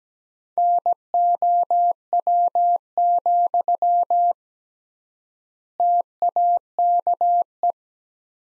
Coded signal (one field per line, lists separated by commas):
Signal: Morse code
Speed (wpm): 17 wpm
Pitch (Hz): 700 Hz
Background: none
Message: NOW, TAKE